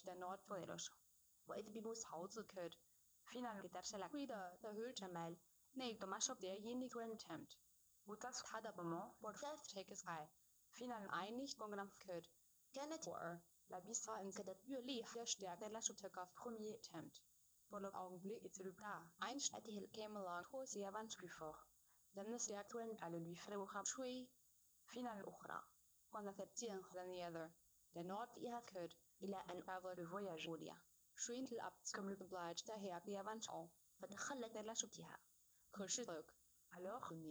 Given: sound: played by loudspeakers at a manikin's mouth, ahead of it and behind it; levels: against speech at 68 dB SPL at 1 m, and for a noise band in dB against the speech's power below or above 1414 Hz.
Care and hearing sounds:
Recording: test signals for a remote microphone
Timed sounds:
0.00-37.31 s: speech test signal (ISTS)
From the record:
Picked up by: remote receiver E, fed by microphone B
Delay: 43 ms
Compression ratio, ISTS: 2.13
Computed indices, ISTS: SII 0.995, HASPI 0.992, HASQI 0.396 (non-linear 0.450, linear 0.880), ESTOI 0.808

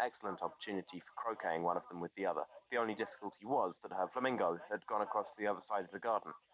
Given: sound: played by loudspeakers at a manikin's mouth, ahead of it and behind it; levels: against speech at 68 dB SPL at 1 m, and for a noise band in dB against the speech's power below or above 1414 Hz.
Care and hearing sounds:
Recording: test signals for a remote microphone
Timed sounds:
0.00-6.54 s: man speaking, babble ahead at +6 dB SNR for speech at 1 m
From the record:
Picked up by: remote microphone B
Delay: 24 ms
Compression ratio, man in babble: 1.70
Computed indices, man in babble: HASPI 0.999, HASQI 0.276 (non-linear 0.326, linear 0.847), ESTOI 0.728

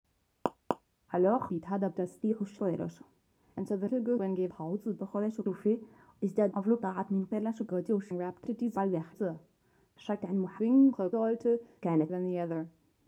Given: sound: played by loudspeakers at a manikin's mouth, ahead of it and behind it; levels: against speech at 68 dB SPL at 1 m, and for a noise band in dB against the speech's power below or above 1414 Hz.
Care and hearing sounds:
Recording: test signals for a remote microphone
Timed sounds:
0.46 s: click
0.71 s: click
1.08-13.07 s: speech test signal (ISTS)
From the record:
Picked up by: measurement microphone

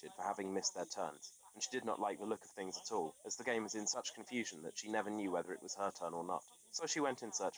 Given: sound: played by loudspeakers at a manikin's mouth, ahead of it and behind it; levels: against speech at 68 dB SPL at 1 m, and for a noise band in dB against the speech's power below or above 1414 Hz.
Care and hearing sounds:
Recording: test signals for a remote microphone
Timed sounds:
0.00-7.58 s: man speaking, babble ahead at +6 dB SNR for speech at 1 m
From the record:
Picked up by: remote microphone D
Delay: 24 ms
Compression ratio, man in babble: 1.14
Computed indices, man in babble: HASPI 0.996, HASQI 0.277 (non-linear 0.318, linear 0.872), ESTOI 0.748

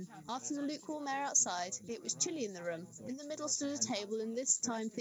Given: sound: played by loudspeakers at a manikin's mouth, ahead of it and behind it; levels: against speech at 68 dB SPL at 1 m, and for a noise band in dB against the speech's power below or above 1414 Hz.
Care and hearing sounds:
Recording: test signals for a remote microphone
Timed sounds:
0.00-5.01 s: woman speaking, babble ahead at +6 dB SNR for speech at 1 m
From the record:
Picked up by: remote microphone A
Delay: 47 ms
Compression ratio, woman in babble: 7.77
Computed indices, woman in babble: HASPI 0.969, HASQI 0.340 (non-linear 0.394, linear 0.863), ESTOI 0.759

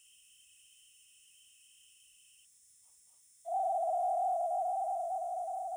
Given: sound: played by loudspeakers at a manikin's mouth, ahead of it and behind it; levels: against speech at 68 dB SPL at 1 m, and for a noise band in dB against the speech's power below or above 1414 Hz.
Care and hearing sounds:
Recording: test signals for a remote microphone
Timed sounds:
0.00-2.45 s: noise band at 2828 Hz, as loud as that band is in speech
3.45-5.77 s: noise band at 707 Hz, -10 dB
From the record:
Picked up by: remote microphone B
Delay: 24 ms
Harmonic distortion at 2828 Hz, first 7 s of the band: under -17 dB (system noise only)

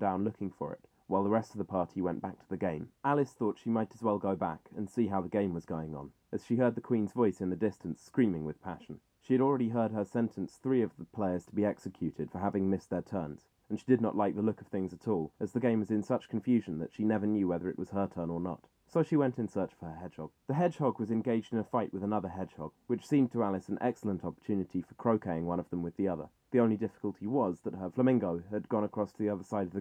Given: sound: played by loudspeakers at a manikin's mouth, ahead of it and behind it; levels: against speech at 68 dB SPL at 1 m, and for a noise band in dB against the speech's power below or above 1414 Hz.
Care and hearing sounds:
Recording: test signals for a remote microphone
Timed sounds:
0.00-29.81 s: man speaking
From the record:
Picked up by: measurement microphone

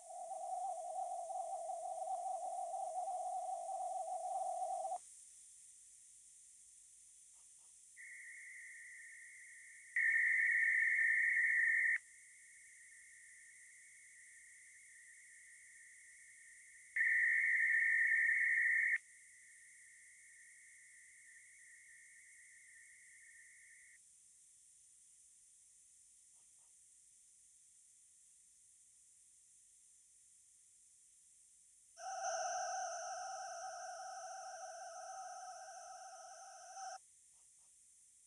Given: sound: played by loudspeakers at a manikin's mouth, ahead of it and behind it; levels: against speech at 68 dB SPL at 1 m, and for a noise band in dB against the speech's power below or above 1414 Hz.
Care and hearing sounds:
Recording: test signals for a remote microphone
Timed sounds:
0.00-4.96 s: noise band at 707 Hz, -13 dB
7.96-9.96 s: noise band at 2000 Hz, -13 dB
9.96-11.96 s: noise band at 2000 Hz, +22 dB
11.96-16.96 s: noise band at 2000 Hz, -13 dB
16.96-18.96 s: noise band at 2000 Hz, +22 dB
18.96-23.96 s: noise band at 2000 Hz, -13 dB
31.96-36.96 s: four noise bands (707, 1414, 2828 and 5656 Hz), 50 dB SPL
From the record:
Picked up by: remote microphone C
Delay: 23 ms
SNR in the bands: 32 dB at 707 Hz, 27 dB at 1414 Hz, 14 dB at 2828 Hz, 22 dB at 5656 Hz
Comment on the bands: gain adaptation more progressive through entire signal

